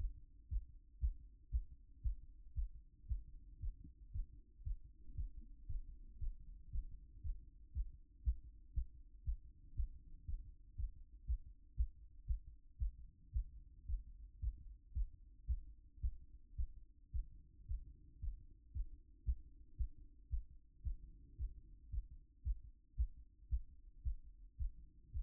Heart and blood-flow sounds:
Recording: heart sounds by stethoscope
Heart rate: 114 bpm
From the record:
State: after exercise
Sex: male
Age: 28 years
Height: 180 cm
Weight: 120 kg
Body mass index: 37.04

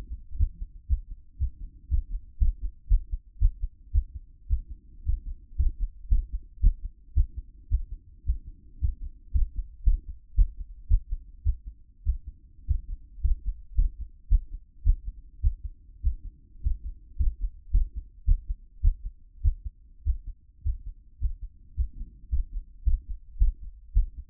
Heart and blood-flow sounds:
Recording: heart sounds by stethoscope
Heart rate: 110 bpm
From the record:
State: after exercise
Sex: female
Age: 31 years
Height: 167 cm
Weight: 61 kg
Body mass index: 21.87

